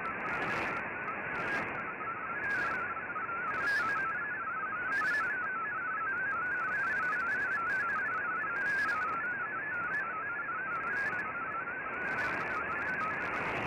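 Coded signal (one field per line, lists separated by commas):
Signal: multi-tone FSK (Olivia or MFSK type)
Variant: MFSK32 or MFSK64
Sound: rapid warbling tone hopping between pitches continuously, over steady shortwave hiss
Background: radio static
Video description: Here is my decode of the Shortwave Radiogram broadcast today on 15770Khz shortwave radio at 1300UTC in MFSK32 and 64 with 10 SSTV images.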